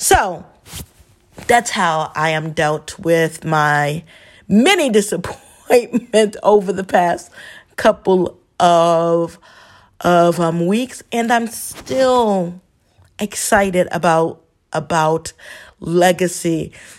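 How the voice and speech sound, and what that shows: An adult woman who stutters speaks in short bursts broken by long pauses, with stretched sounds and repeated words, as on "of... of" and "about... about". These are stuttering-type disfluencies: repetitions, prolongations and hesitations that break the flow of speech, heard as stumbling on words.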